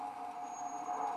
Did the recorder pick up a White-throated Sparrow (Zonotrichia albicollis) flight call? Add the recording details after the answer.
no. No flight call is heard. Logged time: 23:45 on 12 December 2014